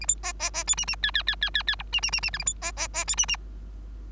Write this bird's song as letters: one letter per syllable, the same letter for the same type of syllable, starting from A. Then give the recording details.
A B C C C D E E F F F F F F G E E E E H A B C C C D E E. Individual Bird3